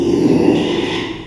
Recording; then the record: squeal of a Yucatan mini pig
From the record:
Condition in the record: after surgery on the right vocal fold (resection and tissue-engineered implant); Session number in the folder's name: 1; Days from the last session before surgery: 6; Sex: male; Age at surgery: 12 weeks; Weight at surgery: 13 kg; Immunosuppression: cyclosporine, prednisolone